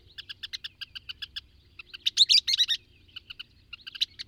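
Bird song opening with quick, evenly spaced ticks, then a loud buzzy trill-like burst, followed by scattered chirps; faint low hum.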